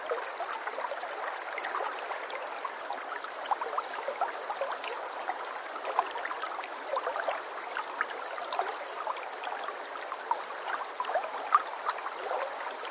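A small stream trickles and babbles steadily, with dense, quick splashing detail in the mid and upper range and nothing low underneath.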